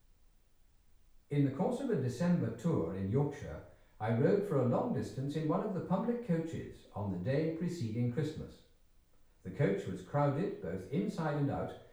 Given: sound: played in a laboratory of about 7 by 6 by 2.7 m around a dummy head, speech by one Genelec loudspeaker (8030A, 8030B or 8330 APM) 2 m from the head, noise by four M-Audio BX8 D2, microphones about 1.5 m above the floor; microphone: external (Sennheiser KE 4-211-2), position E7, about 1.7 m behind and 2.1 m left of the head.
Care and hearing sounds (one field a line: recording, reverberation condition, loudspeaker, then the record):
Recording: male speech in English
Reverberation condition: medium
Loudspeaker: 60 degrees to the left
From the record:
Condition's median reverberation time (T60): about 510 ms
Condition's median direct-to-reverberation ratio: about -0.5 dB